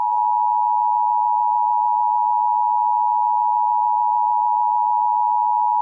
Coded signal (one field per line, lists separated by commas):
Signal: Emergency Alert System (SAME) tones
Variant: 853 and 960 Hz attention tone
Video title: EAS scenario: The Devil’s Bleeding Wrath (Clean?)